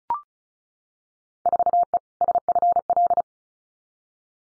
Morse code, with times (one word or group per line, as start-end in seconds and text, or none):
1.5-2.0 4E
2.2-3.2 SFL